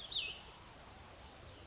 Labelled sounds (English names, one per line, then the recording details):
Cassin's Vireo
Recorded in Sonoma County, California